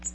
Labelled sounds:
Magnolia Warbler flight call

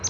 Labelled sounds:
Palm Warbler flight call

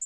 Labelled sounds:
Black-throated Green Warbler flight call

